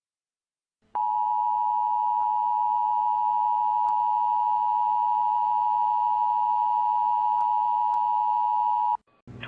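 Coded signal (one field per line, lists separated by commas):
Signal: Emergency Alert System (SAME) tones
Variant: 853 and 960 Hz attention tone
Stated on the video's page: Recreated tornado warning alert, not real.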